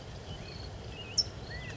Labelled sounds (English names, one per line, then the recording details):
California Towhee
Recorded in Sonoma County, California